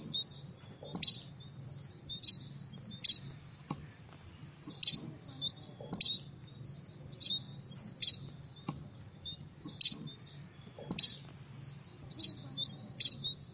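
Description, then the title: Red-throated parrotfinch calling: brief high-pitched tsit notes given in an irregular series over a quiet low background hum. "Erythrura Psittacea"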